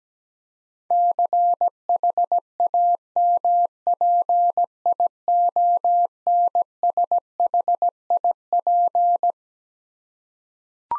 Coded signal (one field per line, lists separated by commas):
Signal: Morse code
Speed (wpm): 17 wpm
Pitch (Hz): 700 Hz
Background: none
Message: CHAMPIONSHIP